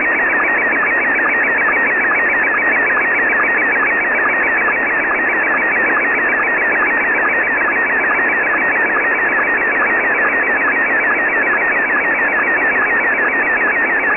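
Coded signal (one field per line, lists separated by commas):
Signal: SSTV (slow-scan television)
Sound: warbling, chirping tone repeating several times a second with short low sync blips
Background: radio static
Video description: Here are 3 images transmitted in a row from Pee Wee Pirate Shortwave Radio on 6955Khz LSB.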